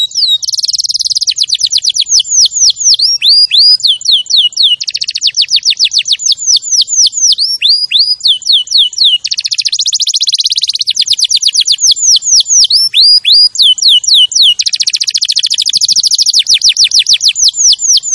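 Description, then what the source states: Canary singing a long unbroken song: fast buzzy trills alternating with repeated swooping whistles, the tempo shifting between dense rolls and slower slurred notes. Champion canary song used as a master recording for training other birds.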